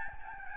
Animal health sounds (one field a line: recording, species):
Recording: mosquito wingbeat signal from an infrared sensor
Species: Aedes albopictus